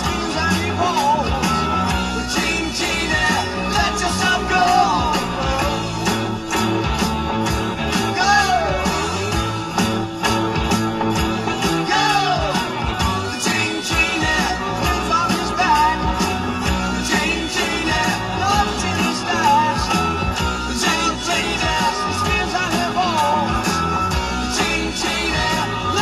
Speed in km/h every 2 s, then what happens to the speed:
0, 13, 18, 21, 19, 15, 5, 6, 10, 13, 11, 15, 15.
0-5 pulls away to 21. 9-12 brakes to 5. 12-22 speeds up to 15.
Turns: none.